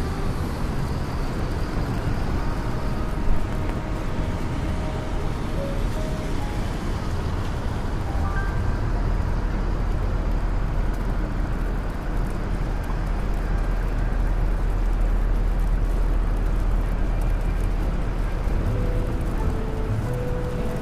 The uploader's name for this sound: Raining Day In New York